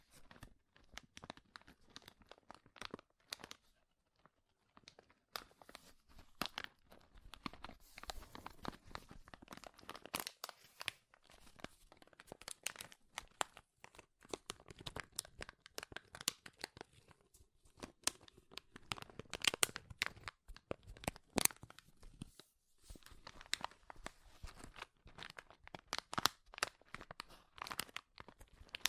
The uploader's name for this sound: Powerful Crinkles